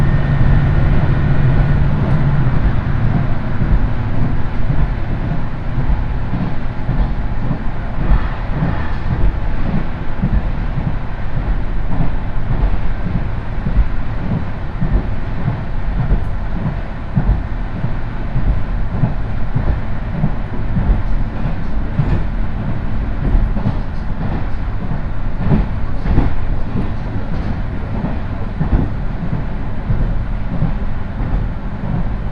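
Inside a single-car railbus, a steady low engine rumble and rhythmic wheel clatter continue throughout, with faint chatter and occasional brighter squeaks.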